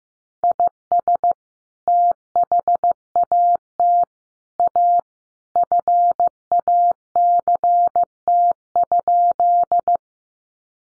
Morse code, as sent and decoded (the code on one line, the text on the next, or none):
.. ... / - .... .- - / .- / ..-. .- -.-. - ..--..
IS THAT A FACT?